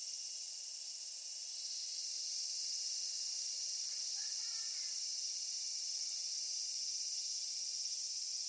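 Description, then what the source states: Robust cicada song, a continuous shrill buzzing drone, steady throughout, with a faint brief sound partway through. Recorded in thickets.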